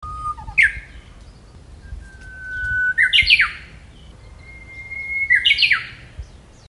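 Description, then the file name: Japanese bush warbler song: a long steady whistle followed by an explosive warbled flourish, given three times. "uguisu"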